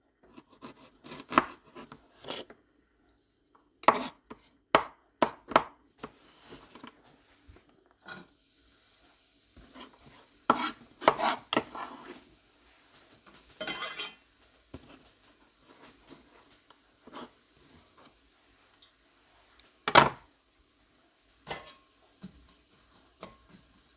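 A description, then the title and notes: Chopping vegetables: sharp knife strikes come in irregular bursts, some quick runs of several chops, others spaced apart, with a loud hit near twenty seconds. Between them a faint steady hiss runs from about eight seconds on, plus occasional scraping and rubbing sounds. ASMR Cooking. Chopping vegetables, frying onions, pouring water and so forth.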